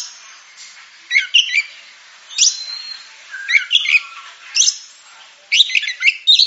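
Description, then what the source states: Oriental magpie-robin: songbird giving sparse, short phrases of sharp whistles and chirps about once a second, ending in a quicker run of notes. Champion-class songbird.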